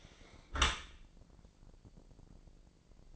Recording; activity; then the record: daily activity, microphone in the room; close dishwasher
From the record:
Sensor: 5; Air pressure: 1012.4 hPa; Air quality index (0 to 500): 159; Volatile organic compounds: 2 ppm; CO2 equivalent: 1079 ppm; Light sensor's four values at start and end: 112/269/114/127 and 113/273/115/129